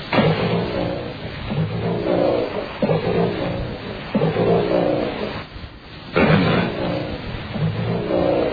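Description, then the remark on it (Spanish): A recorded call said to come from a lake serpent: loud, deep, growling roars repeating roughly every second, about six bursts with a brief lull before the last ones, muffled and with no talking. “Esta serpiente gigante que supuestamente habita en un lago de Noruega.”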